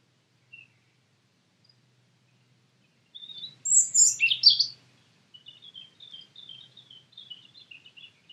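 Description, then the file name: European robin song: scattered faint notes, then a burst of high jumbled twittering, followed by a softer run of thin, wavering notes. "Erithacus rubecula"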